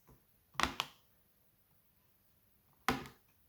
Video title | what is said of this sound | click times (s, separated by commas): Diamond Painting Avis sur la pose des carrés #diamondpaintaingdeutschland + CODE PROMO 8% | Ça clipse. C'est franchement nickel. | 0.8 s, 2.9 s